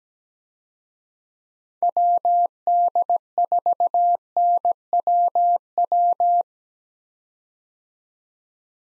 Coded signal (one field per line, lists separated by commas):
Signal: Morse code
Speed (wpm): 17 wpm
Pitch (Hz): 700 Hz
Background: none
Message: WD4NWW